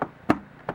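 On a Can-Am G2 Outlander ATV, hands under the front of the plastic gauge support panel squeeze it together to disengage the retaining tabs in the front body. Sharp click-like transients occur at about 0.0, 0.3, 0.7 and 0.8 seconds. The loudest, at 0.3 s, is the click as the tabs come free, releasing the panel.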